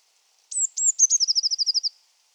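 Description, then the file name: Eurasian blue tit giving a few thin high sliding notes, then a quick run of repeated trilled notes that drift slightly lower in pitch. "Cyanistes caeruleus"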